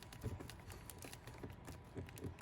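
A larger aftermarket fuel injector is pushed down into its bore on the engine of a 2005 Forester XT, giving a series of short, faint knocks and taps over low rumbling background noise. It gets almost to the bottom, but nothing has seated or clicked yet, and the injector fails to seat.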